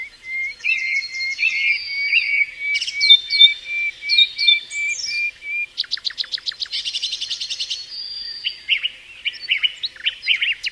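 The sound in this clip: Bird calling in a varied series: a thin steady whistle with quick chirps, a rapid buzzy rattle after the middle, then mixed twittering notes.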